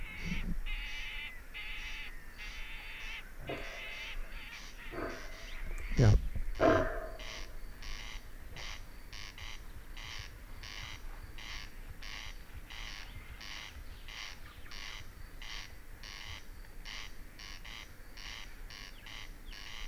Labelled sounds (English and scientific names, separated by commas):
Corn Crake (Crex crex)